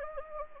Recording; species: mosquito wingbeat signal from an infrared sensor; Anopheles gambiae